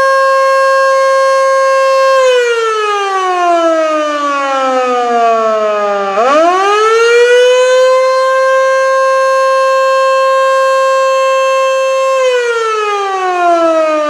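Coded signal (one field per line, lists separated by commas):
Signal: siren signal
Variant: Federal Signal Model 2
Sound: loud steady siren wail that slowly sinks in pitch, then climbs back up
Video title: Federal Signal Model 2: Pager/Siren Test, Attack, Gordon Heights, NY 1/26/2019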